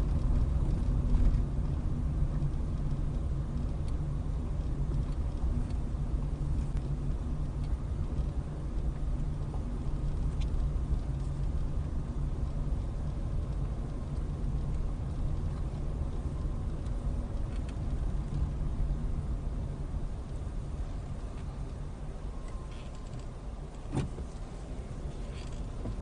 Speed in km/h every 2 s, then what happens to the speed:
18, 16, 16, 16, 15, 15, 15, 15, 15, 11, 8, 5, 5.
0-16 steady at about 15. 16-22 slows to 5.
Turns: none.